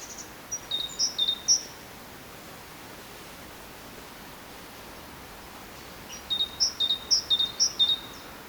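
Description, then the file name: Great tit song, two brief series of repeated high-low whistles with a long quiet gap between them. "Parus major"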